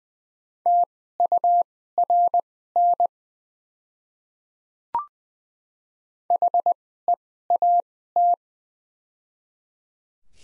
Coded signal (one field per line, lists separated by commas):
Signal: Morse code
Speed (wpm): 20 wpm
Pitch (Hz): 700 Hz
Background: none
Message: TURN HEAT